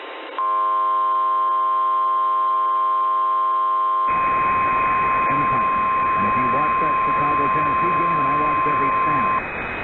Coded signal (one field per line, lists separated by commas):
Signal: Emergency Alert System (SAME) tones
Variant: 1050 Hz attention tone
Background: speech